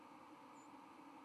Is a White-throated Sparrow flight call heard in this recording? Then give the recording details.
yes. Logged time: 09:25 on 31 October 2014